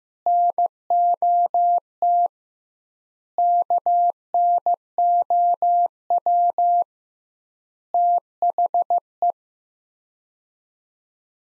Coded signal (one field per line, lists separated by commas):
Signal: Morse code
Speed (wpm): 15 wpm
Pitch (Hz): 700 Hz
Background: none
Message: NOT KNOW THE